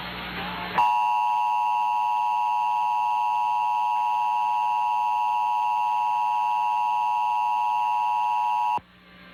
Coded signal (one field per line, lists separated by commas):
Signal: Emergency Alert System (SAME) tones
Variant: 853 and 960 Hz attention tone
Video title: Comcast Emergency Alert System - Required Monthly Test (September 27, 2023)